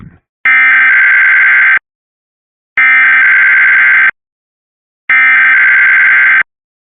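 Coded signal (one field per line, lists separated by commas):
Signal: Emergency Alert System (SAME) tones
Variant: header bursts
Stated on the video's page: Sunday morning weekly tests.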